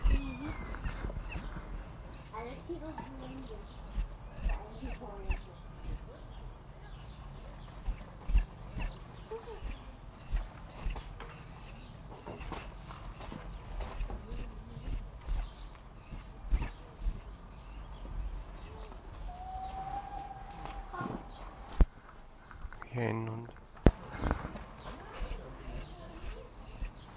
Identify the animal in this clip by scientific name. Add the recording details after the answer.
Lycaon pictus. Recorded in captivity. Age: adult. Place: Tierpark Berlin, Berlin, DE. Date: 1960-03-26 16:15. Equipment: Reporter (Vollspur). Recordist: Tembrock, Günter